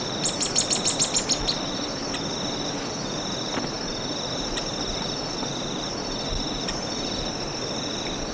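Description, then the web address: Streaked xenops song: a brief rapid series of high, thin notes at the start, then steady pulsing insect trills continue alone. Ecuador. "Birds of Ecuador. Streaked Xenops"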